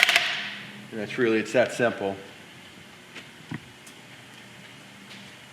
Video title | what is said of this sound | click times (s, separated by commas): What the hell is a wheel alignment? | you wait for the click that's | 0.0 s